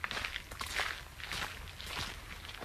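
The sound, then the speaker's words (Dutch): Footsteps walking through the Thijsenshof garden, about five unhurried steps in a steady rhythm, each a soft, crunchy scuff over a low background hum, with no talking. “Dus even een stukje er doorheen lopen.”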